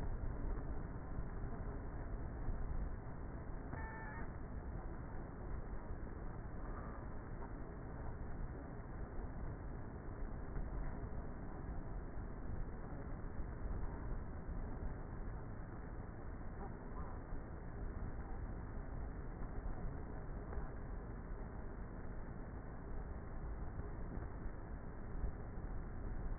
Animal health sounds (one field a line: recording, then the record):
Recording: honeybee colony, microphone inside the hive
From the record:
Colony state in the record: queenless with a low population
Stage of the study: before two queens were removed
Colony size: about 30,000 bees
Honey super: no